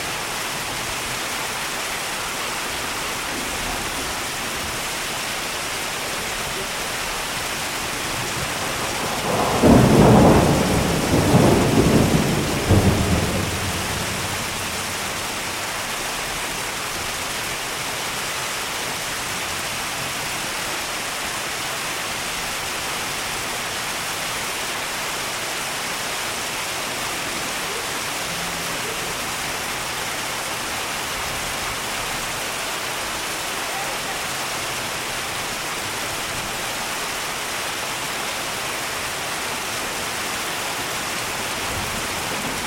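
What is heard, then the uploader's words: Rain falls in a steady, even hiss from start to finish, dense and unchanging. Around ten seconds a loud rumble of thunder rolls in, peaks, and fades by fourteen seconds, leaving the constant downpour to continue alone. The sounds of rain and thunder.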